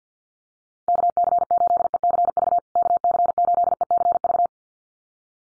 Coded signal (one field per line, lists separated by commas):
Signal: Morse code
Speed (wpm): 50 wpm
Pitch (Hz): 700 Hz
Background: none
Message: KC8ECV KC8ECV